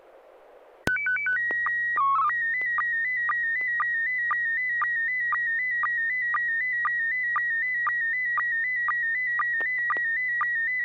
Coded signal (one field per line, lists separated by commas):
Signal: SSTV (slow-scan television)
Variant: PD 120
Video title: N6NA SSTV Net - 10/02/2024